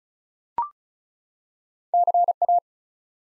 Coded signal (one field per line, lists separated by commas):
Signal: Morse code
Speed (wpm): 36 wpm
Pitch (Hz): 700 Hz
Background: none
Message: CA